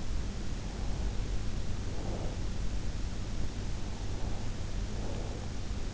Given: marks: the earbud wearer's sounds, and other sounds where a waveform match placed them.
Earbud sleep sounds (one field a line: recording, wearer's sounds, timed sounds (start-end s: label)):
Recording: sounds in sleep by an in-ear microphone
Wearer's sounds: breath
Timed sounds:
0.65-2.57 s: breath
3.73-5.72 s: breath